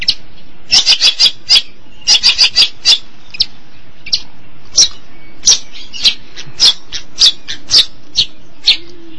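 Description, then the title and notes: Long-tailed Shrike song of sharp, scratchy high notes in quick clusters and scattered single notes, with a faint low hum beneath. "Pentet 201703. Suara burung pentet"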